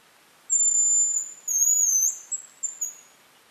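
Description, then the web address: High-pitched Hazel grouse whistles: a long steady thin note, a slightly wavering second note, then a short series of faint quick notes at the end. "Голоса птиц Рябчик"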